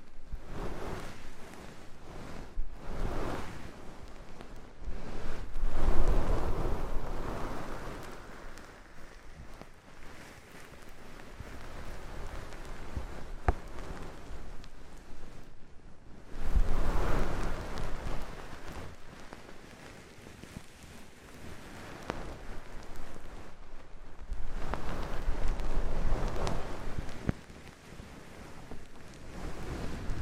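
Oil and foam ear massage, a dense rushing crackle of rubbing and fizzing that swells and fades in waves, loudest around six seconds and again near sixteen and twenty-five. A low rumble sits underneath throughout, with occasional brief clicks.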